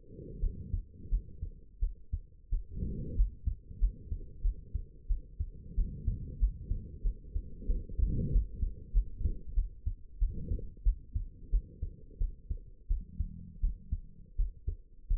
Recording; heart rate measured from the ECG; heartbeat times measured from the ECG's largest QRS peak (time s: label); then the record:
heart sounds by stethoscope; 90 bpm
0.40 s: heartbeat
1.09 s: heartbeat
1.80 s: heartbeat
2.50 s: heartbeat
3.15 s: heartbeat
3.79 s: heartbeat
4.42 s: heartbeat
5.08 s: heartbeat
5.75 s: heartbeat
6.39 s: heartbeat
7.03 s: heartbeat
7.67 s: heartbeat
8.31 s: heartbeat
8.93 s: heartbeat
9.55 s: heartbeat
10.19 s: heartbeat
10.84 s: heartbeat
11.51 s: heartbeat
12.19 s: heartbeat
12.88 s: heartbeat
13.61 s: heartbeat
14.37 s: heartbeat
15.08 s: heartbeat
From the record:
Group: healthy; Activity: rest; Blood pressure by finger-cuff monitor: 77/46 mmHg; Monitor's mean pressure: 58 mmHg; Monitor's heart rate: 90 bpm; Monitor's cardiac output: 8.4 L/min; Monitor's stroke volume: 95 mL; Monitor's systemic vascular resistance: 460 dyn s/cm5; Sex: female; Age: 22 years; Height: 161 cm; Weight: 65.5 kg